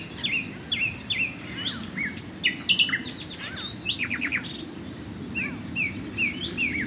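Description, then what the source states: Common nightingale with repeated sliding whistles, a burst of high sharp notes, a quick descending trill, then more repeated whistled notes; constant low hum behind. Swale.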